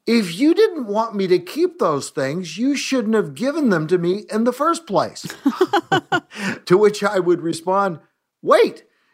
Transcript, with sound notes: If you didn’t want me to keep those things, you shouldn’t have given them to me in the first place.” (laughter) To which I would respond, “Wait!